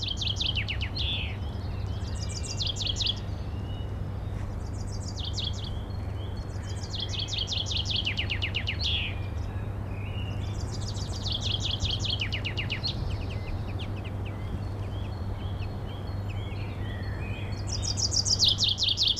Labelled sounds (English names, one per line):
Common Chaffinch song